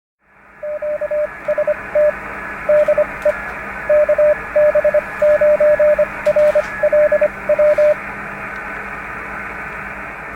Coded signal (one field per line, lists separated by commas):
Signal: Morse code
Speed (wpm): 25 wpm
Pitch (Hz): 600 Hz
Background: radio noise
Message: QST DE KB9RLW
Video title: Ham Radio - The Hard Luck Heathkit HW 7